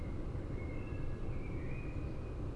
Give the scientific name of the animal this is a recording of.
Turdus merula